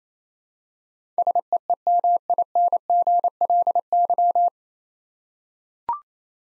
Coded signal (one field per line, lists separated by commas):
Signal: Morse code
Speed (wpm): 28 wpm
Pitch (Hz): 700 Hz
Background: none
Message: SEEMINGLY